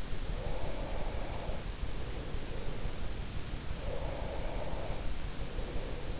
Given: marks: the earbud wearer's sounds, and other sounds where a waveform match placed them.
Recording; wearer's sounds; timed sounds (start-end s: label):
sounds in sleep by an in-ear microphone; breath
0.25-3.06 s: breath
3.84-6.16 s: breath